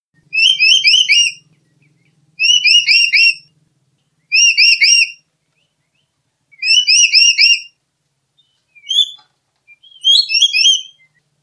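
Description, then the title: Black-capped lory calling in short bursts of a few quick, ringing whistled notes, repeated about every two seconds with silent gaps between. "Nuri kepala hitam"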